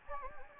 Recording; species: mosquito wingbeat signal from an infrared sensor; Anopheles gambiae